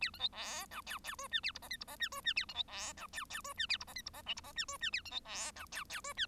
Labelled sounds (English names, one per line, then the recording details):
Bengalese Finch song
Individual Bird1